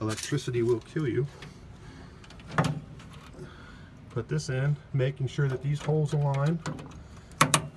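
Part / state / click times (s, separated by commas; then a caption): transfer switch control board onto plastic mounting standoffs / seated / 7.4 s, 7.5 s. A replacement control board for a Kohler RDT automatic transfer switch is pressed onto its plastic mounting standoffs with the holes aligned while someone talks. A sharp snap at 2.6 s is followed by two loud clicks at 7.4 s and 7.5 s as the board seats onto the standoffs.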